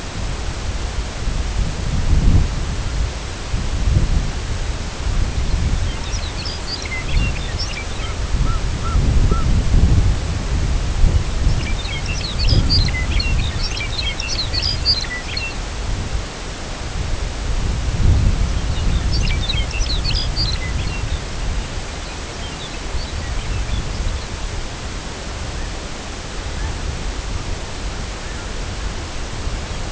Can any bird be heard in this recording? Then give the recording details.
yes. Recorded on Arctic tundra, site CORI-1, on 18 June 2018. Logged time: 04:00